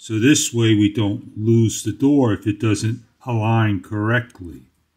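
The hinged plastic cover door on a DJI Mic 2 wireless microphone receiver is handled and brought to close from the top down, while someone talks throughout. Nothing has seated or clicked yet; the door is not yet locked into place.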